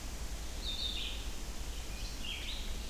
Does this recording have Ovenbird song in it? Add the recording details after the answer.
no. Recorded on 25 June 2016 at 06:25. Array SBT-6-76